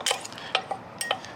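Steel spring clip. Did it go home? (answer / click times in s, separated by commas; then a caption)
yes / 0.5 s. On a GR86/FRS/BRZ/86 transmission, a steel clutch release fork is pushed until its second clip snaps over the pivot ball, with a sharp metallic click at 0.6 s among several lighter clinks and taps. The fork ends up fully seated and clipped onto the pivot ball.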